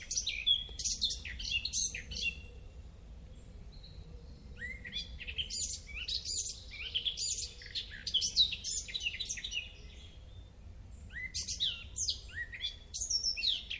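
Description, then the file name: Eurasian blackcap song in short bursts of fast twittering and clicking notes separated by brief pauses, over a faint low background hum. "Sylvia atricapilla"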